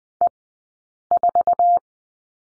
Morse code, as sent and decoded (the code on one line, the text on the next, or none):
. ....-
E4